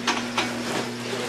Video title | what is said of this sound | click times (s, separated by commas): High Production Continuous Duty Fusing/Laminating System | rewind device locked into place | 0.1 s, 0.4 s